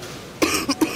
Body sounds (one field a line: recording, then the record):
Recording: coughing mixed with background sound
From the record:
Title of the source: 31 night wet cough